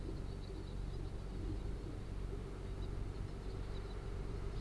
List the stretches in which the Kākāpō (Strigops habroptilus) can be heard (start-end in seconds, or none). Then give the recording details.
none. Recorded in New Zealand. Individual Arab